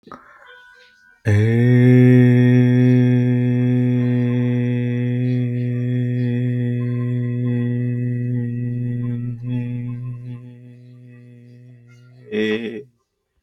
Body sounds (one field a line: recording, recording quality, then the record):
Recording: sustained vowel as in made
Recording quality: moderate, slight background noise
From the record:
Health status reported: healthy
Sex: male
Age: 37 years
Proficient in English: yes